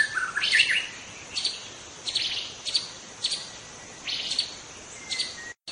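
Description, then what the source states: White-rumped shama song: a short falling whistled phrase, then brief buzzy chattering bursts spaced about a second apart, with a faint thin whistle near the end. Bird calling in forest.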